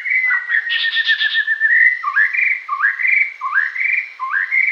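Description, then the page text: White-rumped shama song: a long steady whistle under a brief buzzy burst, then a series of rising whistled slurs repeated roughly every two-thirds of a second. "White-Rumped Shama Song. Quick Sounds"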